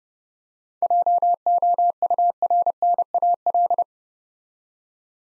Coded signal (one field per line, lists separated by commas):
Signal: Morse code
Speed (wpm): 28 wpm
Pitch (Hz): 700 Hz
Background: none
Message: JOURNAL